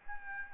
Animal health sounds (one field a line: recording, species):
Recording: mosquito wingbeat signal from an infrared sensor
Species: Aedes albopictus